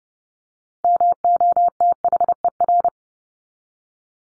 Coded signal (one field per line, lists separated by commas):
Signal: Morse code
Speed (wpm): 30 wpm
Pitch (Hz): 700 Hz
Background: none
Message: MOTHER